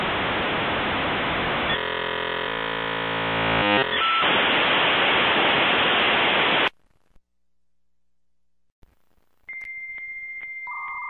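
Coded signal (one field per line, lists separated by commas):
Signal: dial-up modem handshake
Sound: loud wide hiss with buzzy tonal stretches, abrupt silence, then steady whining tones begin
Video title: Dial-Up Sound for 10 Hours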